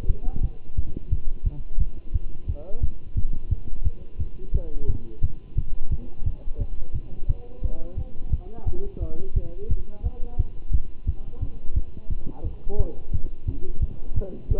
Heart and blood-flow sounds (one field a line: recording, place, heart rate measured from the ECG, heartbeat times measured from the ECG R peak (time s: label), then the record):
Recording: heart sounds by stethoscope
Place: between the tricuspid and mitral areas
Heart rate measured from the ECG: 175 bpm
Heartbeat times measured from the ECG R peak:
0.07 s: heartbeat
0.42 s: heartbeat
0.76 s: heartbeat
1.10 s: heartbeat
1.44 s: heartbeat
1.79 s: heartbeat
2.13 s: heartbeat
2.47 s: heartbeat
2.81 s: heartbeat
3.15 s: heartbeat
3.50 s: heartbeat
3.84 s: heartbeat
4.19 s: heartbeat
4.53 s: heartbeat
4.87 s: heartbeat
5.22 s: heartbeat
5.56 s: heartbeat
5.90 s: heartbeat
6.25 s: heartbeat
6.59 s: heartbeat
6.93 s: heartbeat
7.27 s: heartbeat
7.62 s: heartbeat
7.97 s: heartbeat
8.31 s: heartbeat
8.66 s: heartbeat
9.00 s: heartbeat
9.34 s: heartbeat
9.69 s: heartbeat
10.03 s: heartbeat
10.38 s: heartbeat
10.72 s: heartbeat
11.06 s: heartbeat
11.40 s: heartbeat
11.75 s: heartbeat
12.09 s: heartbeat
12.44 s: heartbeat
12.77 s: heartbeat
13.12 s: heartbeat
13.46 s: heartbeat
13.80 s: heartbeat
14.15 s: heartbeat
14.49 s: heartbeat
From the record:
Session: Bruce protocol treadmill stress test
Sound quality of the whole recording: good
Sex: male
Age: 23 years